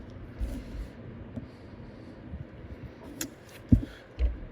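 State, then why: Seated. A flex cable connector near the taptic engine is pressed onto its logic board socket inside an iPhone 8 (SE 2020) during a charging port replacement. Quiet handling noise and soft low thumps lead to a faint, sharp snap at 3.2 s, followed by a couple of duller knocks. The connector is seated.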